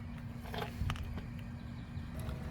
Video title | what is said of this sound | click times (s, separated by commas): Honda Pilot Armrest Replacement - 2009-2015 Honda Pilot | the black triangular cover pops right back into place as well | 0.9 s